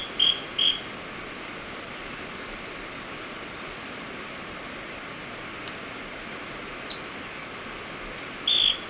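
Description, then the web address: Scale-crested pygmy-tyrant with two sharp, short notes at the start and another at the end, separated by a long stretch of steady hiss. Ecuador. "Birds of Ecuador 3. Scale-Crested Pygmy-Tyrant"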